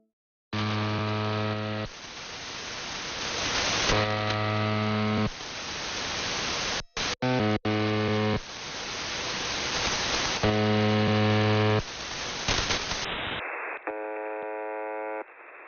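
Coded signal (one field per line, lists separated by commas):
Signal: channel marker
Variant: UVB-76 (The Buzzer)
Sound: harsh low buzz bursts about a second long, repeating between hissing static gaps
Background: radio static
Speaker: You just punch in 4625 kHz and suddenly you're intercepting the so-called Russian military transmissions.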